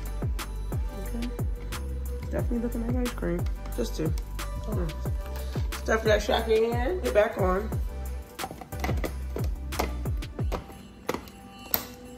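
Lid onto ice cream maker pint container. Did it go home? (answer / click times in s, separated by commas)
yes / 11.7 s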